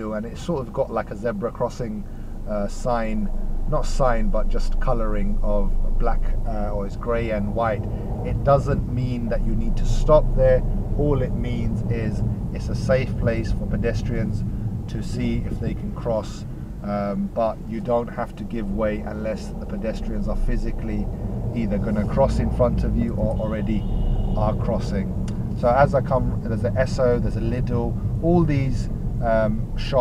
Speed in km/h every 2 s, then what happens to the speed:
0, 2, 5, 11, 15, 18, 15, 5, 0, 6, 15, 16, 18, 15, 13.
0-2 standing. 2-9 pulls away to 18. 9-15 slows to 0. 15-17 standing. 17-23 pulls away to 18.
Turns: none.